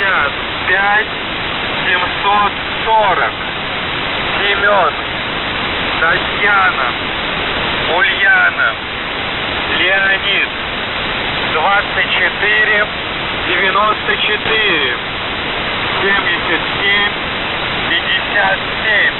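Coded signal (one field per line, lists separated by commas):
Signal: coded military voice message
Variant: Russian, The Goose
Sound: russian male voice reading number groups and phonetic-alphabet names through heavy static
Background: radio static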